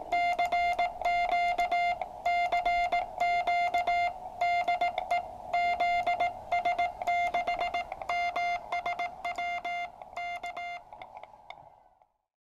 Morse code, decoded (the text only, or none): CQ CQ DE ZS6MSW K